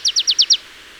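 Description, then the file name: Marsh tit calls: five quick, sharp downslurred high notes in a short even series, then quiet. "Poecile palustris"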